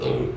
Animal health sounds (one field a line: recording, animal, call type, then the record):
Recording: contact call of a hoofed animal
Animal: pig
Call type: closed-mouth grunt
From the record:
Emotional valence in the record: negative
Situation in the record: short social isolation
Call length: 0.36 s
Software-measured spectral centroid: 1600 Hz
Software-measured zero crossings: 1030 a second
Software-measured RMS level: -24 dBFS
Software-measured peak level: -11 dBFS